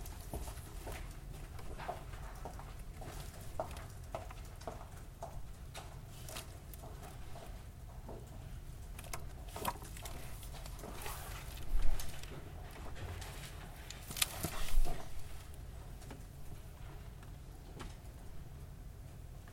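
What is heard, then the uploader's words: A field recording inside a library's art history section, carried by a steady low hum of ventilation. Soft, scattered taps and rustles come and go throughout, like pages, footsteps or objects being handled, with a couple of sharper, louder knocks around twelve and fifteen seconds. Field recording in the Art History section of the Main Library. Recorded 4 December, 2012 in stereo on Zoom H4N with windscreen. Footsteps, brief moments of conversations and the hum of air conditioning in the background.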